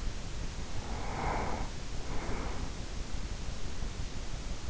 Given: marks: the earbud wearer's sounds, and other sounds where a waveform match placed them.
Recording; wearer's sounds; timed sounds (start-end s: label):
sounds in sleep by an in-ear microphone; breath
0.60-3.04 s: breath